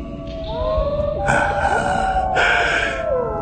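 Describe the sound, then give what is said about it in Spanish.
Several wolves howl together at night in Transylvania in a loud chorus, long wavering tones sliding up and down and overlapping one another, with no voices talking. “Escúchenos. Los hijos de la noche. Qué dulce música, ¿verdad?”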